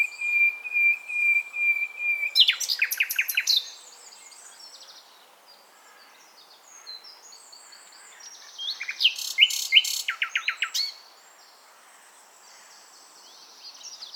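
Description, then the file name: Common nightingale song: a long level whistle, then bursts of rapid chattering trills, a quieter pause, and another loud trilled phrase. "Luscinia megarhynchos"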